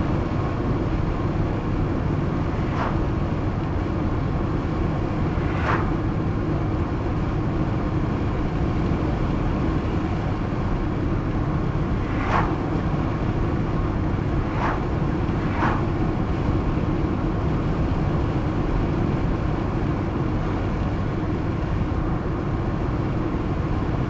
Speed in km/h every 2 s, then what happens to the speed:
96, 97, 98, 98, 99, 99, 100, 100, 100, 99, 99, 99.
0-24 steady at about 99.